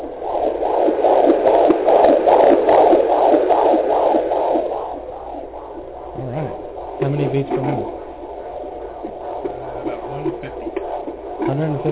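Fast, steady pulsing beats at about 146 a minute are clear for the first five seconds, then grow fainter. In the second half, short voiced sounds and a low hum partly cover them. This is the heartbeat of a 24-month-old child.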